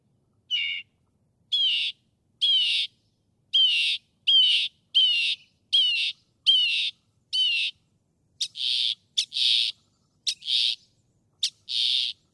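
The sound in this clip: Northern mockingbird song: a series of harsh, raspy phrases repeated evenly, then a change to broad, noisy squawk-like notes at a steady pace.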